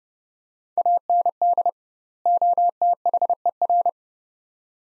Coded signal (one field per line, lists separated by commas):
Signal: Morse code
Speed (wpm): 30 wpm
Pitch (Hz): 700 Hz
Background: none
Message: AND OTHER